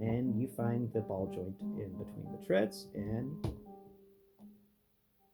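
Someone talks while lining up the hole on the bottom of a plastic missile compartment with the ball joint between the plastic treads of a toy drone, getting it into position before pressing it in. Nothing has seated or clicked yet.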